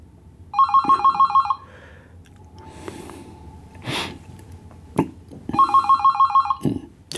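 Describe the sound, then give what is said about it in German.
A telephone rings with a call from Marianne that goes unanswered, two bursts of rapid, high trilling pulses separated by a pause, with soft breathing and small rustling sounds between the rings and no talking. “Ich gehe da jetzt nicht ran, weil um zu wissen, was die Marianne mir sagen will, muss ich nicht mit der Marianne reden.”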